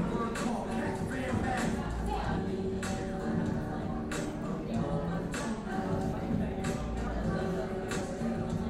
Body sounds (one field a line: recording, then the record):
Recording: background sound without coughing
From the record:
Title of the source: 60 minutes of coffee shop sounds for study and concentration